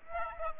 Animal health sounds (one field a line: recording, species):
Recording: mosquito wingbeat signal from an infrared sensor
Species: Aedes aegypti